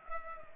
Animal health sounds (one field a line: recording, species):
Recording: mosquito wingbeat signal from an infrared sensor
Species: Culex pipiens